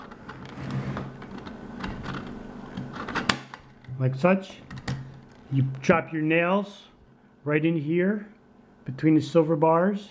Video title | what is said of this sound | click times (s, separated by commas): Review/How to use.... Bostitch 16 gauge Finish Nailer | slide it back it locks in place | 3.3 s